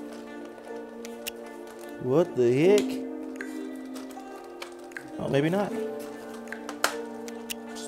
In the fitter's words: that literally snapped into place